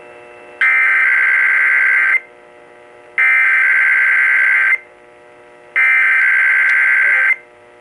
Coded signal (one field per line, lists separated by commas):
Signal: Emergency Alert System (SAME) tones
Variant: header bursts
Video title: EAS 176 KDKA RWT